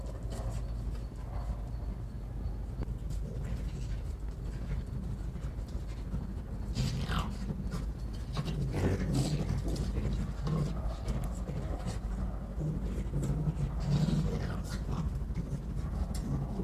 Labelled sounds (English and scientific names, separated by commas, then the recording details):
Arctic Fox (Vulpes lagopus)
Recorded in captivity
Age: adult
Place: Zoologisches Institut der HUB, Berlin, DE
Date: 1957-03-22 18:30
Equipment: Elmetra
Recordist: Tembrock, Günter